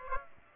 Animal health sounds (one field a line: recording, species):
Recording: mosquito wingbeat signal from an infrared sensor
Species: Aedes aegypti